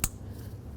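A plastic electrical connector on the engine wiring harness of a 1998–2012 Ford Crown Victoria is pushed onto its mating socket on top of the engine during reassembly after a valve cover gasket replacement. A single sharp click sounds at 0.0 s, followed by a low steady background rumble. The connector is seated.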